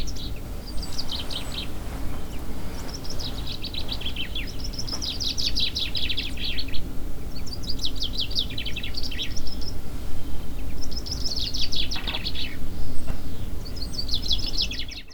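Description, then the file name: Common chaffinch singing repeated high trilled phrases that tumble downward, several in succession over a constant low rumble. "Fringilla coelebs"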